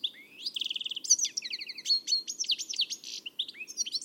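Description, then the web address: Bird giving a continuous, hurried stream of high chips, rapid trills and sharp upslurred notes, varied and almost without pause. "Deverinetal. Bird Only"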